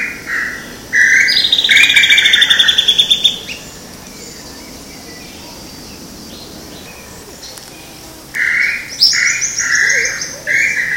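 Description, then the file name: Tataupa tinamou whistled notes early on and again from about 8.5 seconds to the end. Cantareira State Park, São Paulo, Brazil, 10 January 2015. "Crypturellus-tataupa-PECantareira SP-BR-10-1-15-ASilveira"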